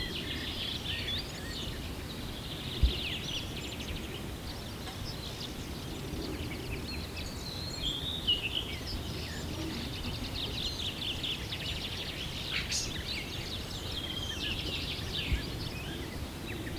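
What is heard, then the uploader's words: Birds at sunrise, a dense chorus of high chirps and trills running steadily through the whole stretch. Underneath lies a low, constant outdoor rumble. A few brief sharper clicks or taps stand out near three, eight, twelve and fifteen seconds. 5am. Birds. Birds at sunrise.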